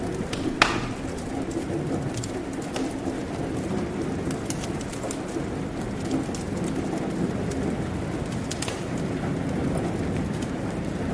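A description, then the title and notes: Rain falls steadily outside while a fire crackles, with sharp pops scattered through, the loudest near the start and another cluster past eight seconds. Underneath sits a dense, even patter and a soft low rumble that never lets up. The crackling fire inside your cozy log cabin, as thunder rumbles and rain falls outside. Crackling Fire, Thunder and Rain Sounds. Cozy Cabin on a Stormy Night.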